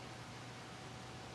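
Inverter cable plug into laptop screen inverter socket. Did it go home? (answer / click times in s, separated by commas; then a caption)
no / none. The end of the inverter cable plug is being handled at its socket on the screen inverter board of a Dell XPS M1710 laptop, to be pressed in until it snaps into place. Only a steady broadband hiss with a low hum is heard, with no distinct impacts. Nothing has seated or clicked yet.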